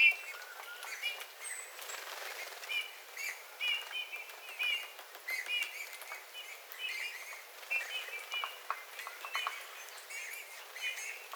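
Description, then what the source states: Eurasian bullfinch song: gentle piped and warbled notes in short groups separated by brief pauses, with light clicking and background hiss. Several bullfinches singing, recorded 13 February 2026.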